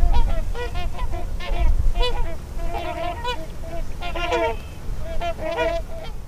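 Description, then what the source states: Trumpeter swans giving a run of nasal, horn-like honks, several birds calling in overlapping bursts, over a low wind rumble. Five cygnets, last year's young, flying overhead at Hamlin Town Slough, Iowa, after being driven off by their parents.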